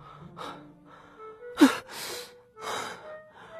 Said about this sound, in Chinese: 再回头就见展昭已经坐起来了，边擦汗边喘气，一个劲儿拍胸口